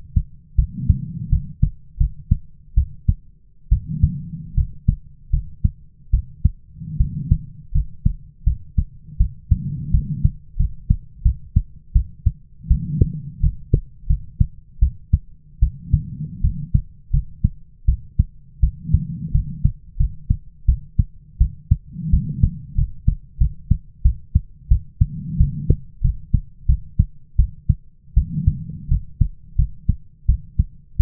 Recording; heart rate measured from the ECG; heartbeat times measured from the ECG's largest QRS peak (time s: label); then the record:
heart sounds by stethoscope; 83 bpm
0.56 s: heartbeat
1.30 s: heartbeat
1.98 s: heartbeat
2.75 s: heartbeat
3.69 s: heartbeat
4.55 s: heartbeat
5.31 s: heartbeat
6.11 s: heartbeat
6.98 s: heartbeat
7.72 s: heartbeat
8.44 s: heartbeat
9.18 s: heartbeat
9.91 s: heartbeat
10.57 s: heartbeat
11.23 s: heartbeat
11.93 s: heartbeat
12.68 s: heartbeat
13.41 s: heartbeat
14.07 s: heartbeat
14.80 s: heartbeat
15.60 s: heartbeat
16.42 s: heartbeat
17.11 s: heartbeat
17.86 s: heartbeat
18.60 s: heartbeat
19.32 s: heartbeat
19.97 s: heartbeat
20.66 s: heartbeat
21.38 s: heartbeat
22.10 s: heartbeat
22.75 s: heartbeat
23.38 s: heartbeat
24.03 s: heartbeat
24.69 s: heartbeat
25.38 s: heartbeat
26.02 s: heartbeat
26.67 s: heartbeat
27.37 s: heartbeat
28.14 s: heartbeat
28.89 s: heartbeat
29.56 s: heartbeat
30.26 s: heartbeat
30.97 s: heartbeat
From the record:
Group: healthy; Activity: rest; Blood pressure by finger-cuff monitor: 110/70 mmHg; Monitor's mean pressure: 83 mmHg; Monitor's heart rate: 83 bpm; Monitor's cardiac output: 7 L/min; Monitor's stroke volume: 85 mL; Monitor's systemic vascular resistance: 850 dyn s/cm5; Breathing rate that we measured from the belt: 20 breaths a minute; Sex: female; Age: 22 years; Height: 157 cm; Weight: 47.6 kg